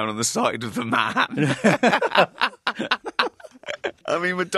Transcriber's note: soundbite of laughter